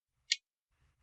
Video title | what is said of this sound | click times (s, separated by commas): Laptop Accessory Replacement | And it clicks into place. | 0.3 s